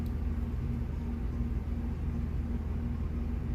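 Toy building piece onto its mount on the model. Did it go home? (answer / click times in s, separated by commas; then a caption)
no / none. A toy building piece is set onto its mount on the model but fails to click in, and it just sits there and spins. Only a steady low rumble is heard throughout, with no sharp sounds, and nothing has seated or clicked.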